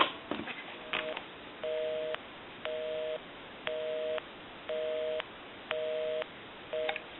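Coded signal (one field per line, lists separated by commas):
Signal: telephone call progress tone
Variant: North America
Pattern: busy tone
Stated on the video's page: Heard on an original Mickey Mouse telephone during checkout and repair.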